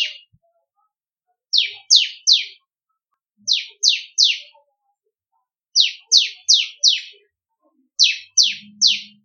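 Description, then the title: Bar-winged prinia song: quick bursts of three or four high chips, the bursts separated by short pauses. "Ciblek Kristal"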